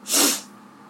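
A single brief, hissing sneeze from an adult, acted out, attributed to allergies rather than a cold.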